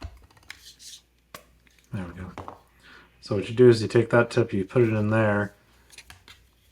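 An intraoral scanner tip from a Medit i900m (Mobility) is handled and brought to its calibration tool while someone talks. A few short handling knocks and taps are heard under the speech. Nothing has seated or clicked yet.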